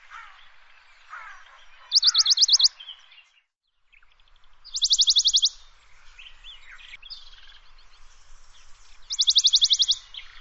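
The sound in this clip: Bird song: a sharp, high, rapid trill of about ten pulses, given three times, amid background chirping.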